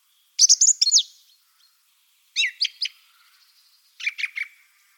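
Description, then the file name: Song thrush giving three distinct phrases, each a rapid cluster of high notes repeated a few times, with short pauses between phrases. "Drozd pevchij Turdus philomelos - Penie"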